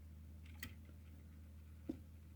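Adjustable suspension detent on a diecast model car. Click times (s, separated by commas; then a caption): 0.6 s. The adjustable suspension detent on a 1/65 Muscle Machines 1957 Chevy 150 Tradesman wagon West Coast Choppers diecast model car is clicked open to its raised position, leaving more of the front tires showing. A sharp small click lands at 0.6 s, with a faint tick just before it and another short click near 1.9 s, all over a steady low hum.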